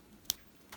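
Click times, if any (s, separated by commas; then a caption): 0.3 s. A black sport band end is pushed into the case slot of a 40mm space gray aluminum Apple Watch Series 4. It snaps in with one sharp, bright click at 0.3 s, followed by a fainter, duller tick near 0.7 s. The band is seated in the case.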